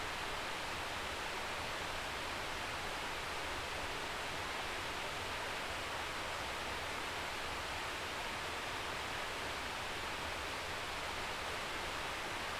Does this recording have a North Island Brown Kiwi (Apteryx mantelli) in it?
no